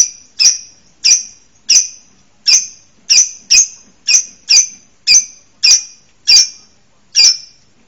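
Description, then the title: Bird calls: a series of sharp, high chips repeated one to two times a second through the whole stretch. "LuckyBurung MasteranBest"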